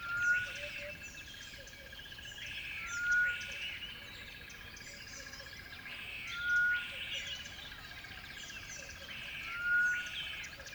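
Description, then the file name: Birds in a dawn chorus, with a pure whistled note repeating about every three seconds over a busy background of twittering, chattering song. Dawn chorus at a river bed. "river bed dawn birds sing"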